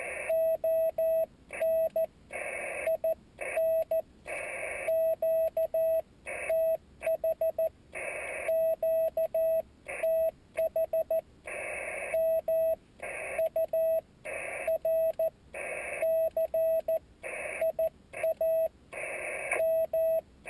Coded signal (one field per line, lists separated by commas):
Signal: Morse code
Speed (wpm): 14 wpm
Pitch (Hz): 650 Hz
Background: radio noise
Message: ON IN QTH QTH MURCIA M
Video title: QSO CW QRP